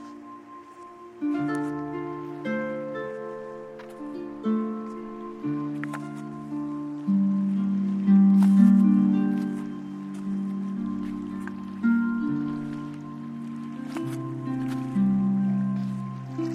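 Sustained piano, strings and soft synth drones move through slow chord changes every second or two, each new chord swelling in. The low tones stay warm and full, while faint clicks and light water lapping flicker in the background.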